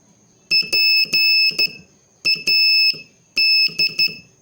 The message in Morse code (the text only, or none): PAD